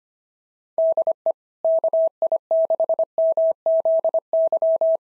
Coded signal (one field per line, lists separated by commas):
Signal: Morse code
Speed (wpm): 24 wpm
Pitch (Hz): 650 Hz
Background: none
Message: DE KI6MZY